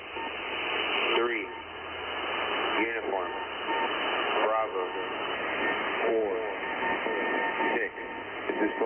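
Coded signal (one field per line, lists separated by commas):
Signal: coded military voice message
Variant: USAF EAM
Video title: USAF Global EAM- Emergency Action Message. 8992 KHZ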